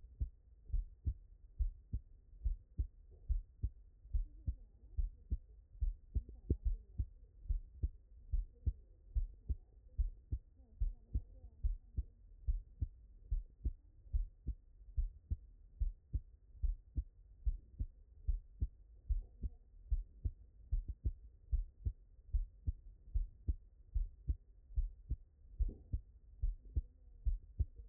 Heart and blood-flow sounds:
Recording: heart sounds by stethoscope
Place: tricuspid valve (TV)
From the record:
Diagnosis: non-HFrEF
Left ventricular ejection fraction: 62%

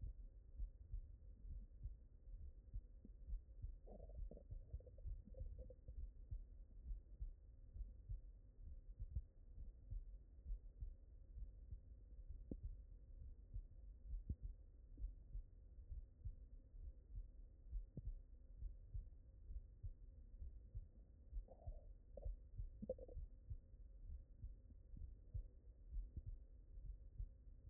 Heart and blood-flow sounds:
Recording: heart sounds by stethoscope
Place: mitral valve (MV)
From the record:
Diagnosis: non-HFrEF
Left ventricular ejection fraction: 61%

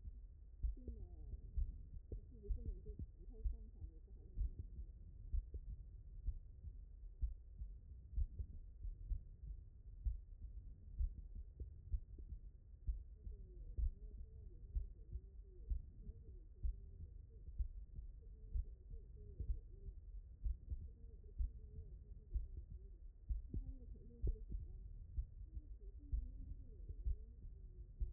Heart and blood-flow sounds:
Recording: heart sounds by stethoscope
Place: mitral valve (MV)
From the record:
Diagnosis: non-HFrEF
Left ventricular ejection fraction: 62%

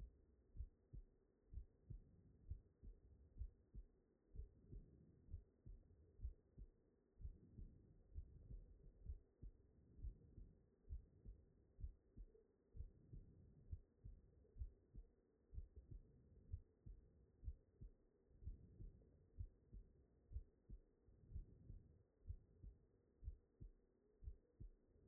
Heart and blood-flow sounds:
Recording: heart sounds by stethoscope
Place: mitral valve (MV)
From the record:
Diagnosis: non-HFrEF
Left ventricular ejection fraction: 66%

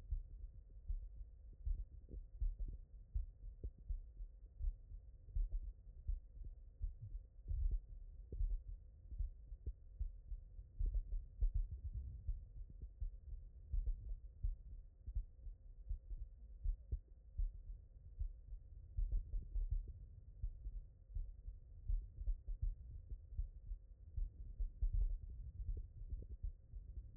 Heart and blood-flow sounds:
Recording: heart sounds by stethoscope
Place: mitral valve (MV)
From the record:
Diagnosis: non-HFrEF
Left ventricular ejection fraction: 58%

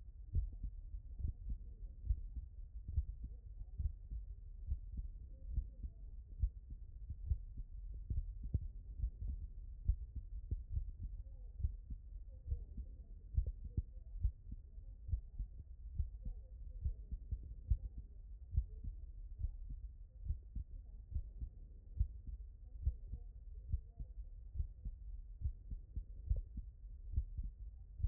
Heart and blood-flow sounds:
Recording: heart sounds by stethoscope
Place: tricuspid valve (TV)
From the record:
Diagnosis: non-HFrEF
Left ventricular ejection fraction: 67%

